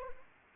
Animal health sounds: mosquito wingbeat signal from an infrared sensor; Anopheles arabiensis

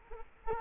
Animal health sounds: mosquito wingbeat signal from an infrared sensor; Culex quinquefasciatus

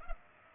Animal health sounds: mosquito wingbeat signal from an infrared sensor; Culex pipiens

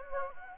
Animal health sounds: mosquito wingbeat signal from an infrared sensor; Anopheles gambiae

